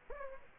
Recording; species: mosquito wingbeat signal from an infrared sensor; Aedes aegypti